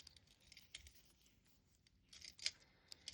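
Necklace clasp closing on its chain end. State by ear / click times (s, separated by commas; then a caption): seated / 2.5 s. A handmade metal chain necklace has its clasp pushed open and then let close onto its chain end. Light metallic rattles and scrapes lead up to a sharp click at 2.5 seconds as the clasp snaps shut, followed by a few small chain jingles. The clasp clicks back in and is closed.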